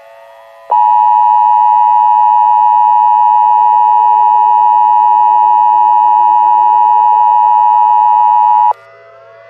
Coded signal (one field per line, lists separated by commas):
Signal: Emergency Alert System (SAME) tones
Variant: 853 and 960 Hz attention tone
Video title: Atmospheric Research Inc EAS